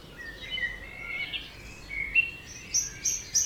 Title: Birds Oberhofen Inntal Austria - 4am - binaural version